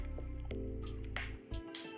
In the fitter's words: no magnetic cap but it's got a nice click to it